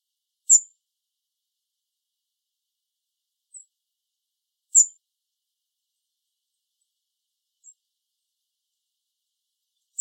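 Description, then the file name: European robin uttering short, piercing high-pitched calls at irregular intervals, a few fainter notes between the louder ones, otherwise quiet. "Erithacus rubecula"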